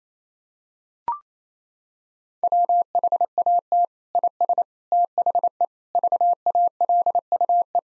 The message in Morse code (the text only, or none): WHAT IS THE VALUE